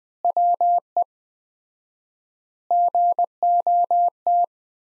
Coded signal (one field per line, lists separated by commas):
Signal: Morse code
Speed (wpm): 20 wpm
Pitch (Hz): 700 Hz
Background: none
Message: WE GOT